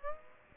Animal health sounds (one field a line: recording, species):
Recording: mosquito wingbeat signal from an infrared sensor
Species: Aedes aegypti